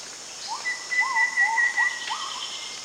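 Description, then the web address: Rufous-fronted babbler calls: a few soft upslurred whistled notes, with a thin higher warbling line running alongside and a steady high hiss behind. Recorded at Danum on 1 January 2008. "DANUM 20080101 rufous-fronted babbler"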